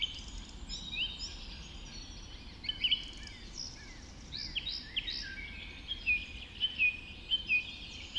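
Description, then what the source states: Birds in a dawn chorus, several high songsters overlapping with trills, whistles and sharp chirps, bursts of louder notes near the end over a low steady rumble. Dawn chorus recorded just after dawn in the Forest of Dean.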